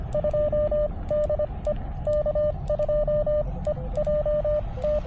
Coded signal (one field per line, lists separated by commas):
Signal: Morse code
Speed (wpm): 24 wpm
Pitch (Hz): 590 Hz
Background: radio noise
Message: 2 DE K2EJT